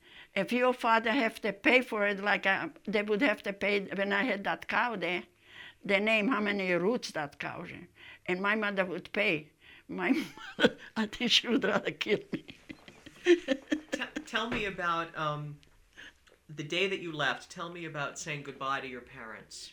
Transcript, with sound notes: If your father have to pay for it, like they would have to pay when I had that cow there, they name how many roots that cow ate. And my mother would pay. My mother (laughing) I think she would rather kill me.
Tell me about, the day that you left, tell me about saying goodbye to your parents.